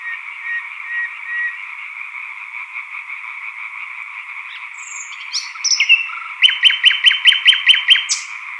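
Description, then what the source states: European tree frogs in continuous chorus, with a nightingale singing over them in the second half, ending in a run of quick, evenly spaced notes. Chorus of European tree frogs recorded at Sattenay; dated 140418.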